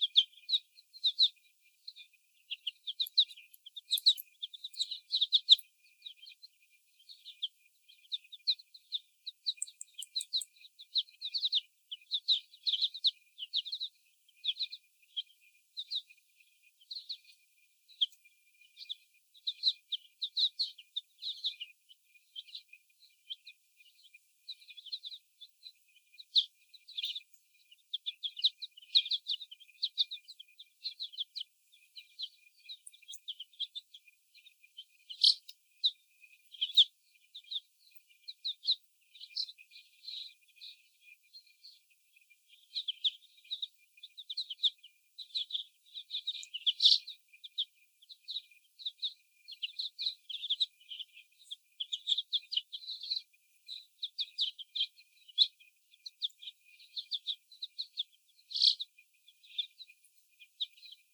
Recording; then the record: young laying hens in a cage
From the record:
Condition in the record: before the stressor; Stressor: sudden umbrella opening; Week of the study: 1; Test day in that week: 1